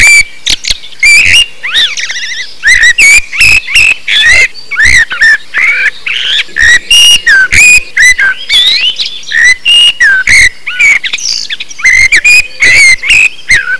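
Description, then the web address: Bird calls: a rapid, nearly continuous run of short whistled notes, some rising or falling, mixed with harsh raspy bursts and brief pauses. "特酷声音素材库 动物 鸟 Bird"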